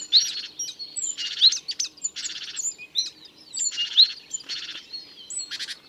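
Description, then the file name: Great tit calls: harsh buzzy churring bursts repeated in an uneven series, some with a brief high whistled note, over a faint steady background. "Parus major"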